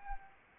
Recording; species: mosquito wingbeat signal from an infrared sensor; Anopheles arabiensis